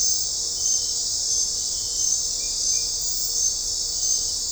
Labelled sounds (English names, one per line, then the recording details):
none
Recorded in dense forest near Puerto Asís, Putumayo, Colombia, on 20 December 2024 at 23:00
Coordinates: 0.499, -76.324
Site G045